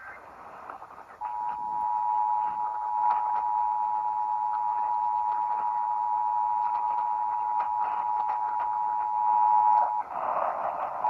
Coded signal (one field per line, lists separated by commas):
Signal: Emergency Alert System (SAME) tones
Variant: 853 and 960 Hz attention tone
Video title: Utah Required Monthly Tests (EAS #1129-#1131)